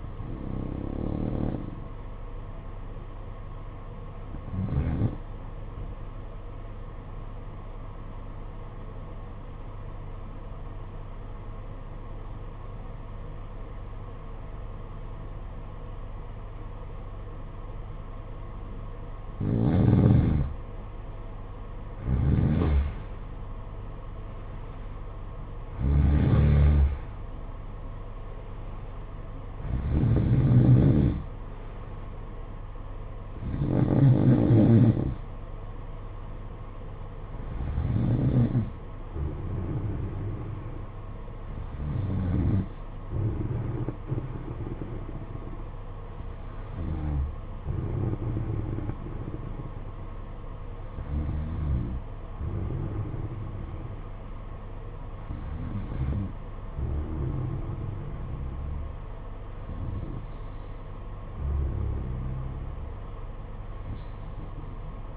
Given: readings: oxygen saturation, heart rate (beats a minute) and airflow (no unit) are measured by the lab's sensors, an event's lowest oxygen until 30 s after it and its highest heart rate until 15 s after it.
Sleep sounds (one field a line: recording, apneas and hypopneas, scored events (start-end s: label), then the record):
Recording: breathing in sleep by a smartphone at the bedside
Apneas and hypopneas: 1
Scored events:
8.00-18.90 s: obstructive apnea (N2, oxygen 93% highest, then 89% lowest, heart rate 55 at the start, 63 highest)
From the record:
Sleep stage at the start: N2 (light sleep)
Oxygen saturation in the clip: 89 to 94%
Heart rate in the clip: 52 to 63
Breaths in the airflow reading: 12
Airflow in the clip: -11.3 to 14.2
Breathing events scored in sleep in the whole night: 476 in 9.7 hours asleep